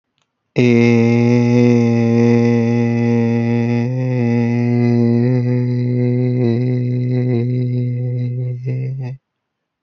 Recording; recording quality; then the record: sustained vowel as in made; excellent, no background noise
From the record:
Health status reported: healthy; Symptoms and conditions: none ticked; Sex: male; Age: 26 years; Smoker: not ticked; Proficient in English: yes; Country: Canada